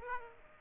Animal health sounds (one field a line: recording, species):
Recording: mosquito wingbeat signal from an infrared sensor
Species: Aedes aegypti